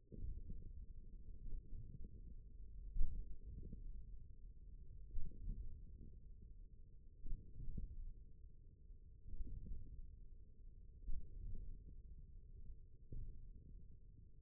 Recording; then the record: forearm muscle sounds (acoustic myography)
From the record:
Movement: hand opening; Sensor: system 1, eight BSWA MPA416 microphones around the upper forearm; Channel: 4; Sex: male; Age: 41 years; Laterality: right